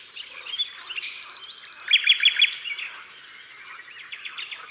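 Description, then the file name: Common nightingale song: a fast, high trill leads into loud, ringing, repeated notes, then softer chattering phrases. Drôme, France. "Rossignol philomele Concerts Naturels de la Drome Studio les Trois Becs"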